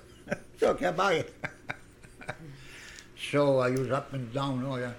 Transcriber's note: he laughs